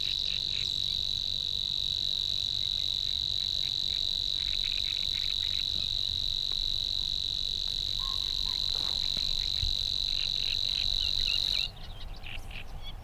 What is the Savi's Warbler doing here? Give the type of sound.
song